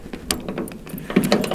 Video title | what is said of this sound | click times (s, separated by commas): Odwalam obornik koparką. Sprytne zabezpieczenie przed kradzieżą paliwa - Romek Zaklinacz Byków | no nie mogę założyć kłódki, jakie to uparte. | none